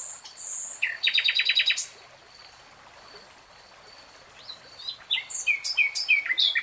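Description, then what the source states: Nightingale song: a fast train of clipped notes, a thin sustained whistle, then quick repeated chirping phrases. Nightingale singing, real time.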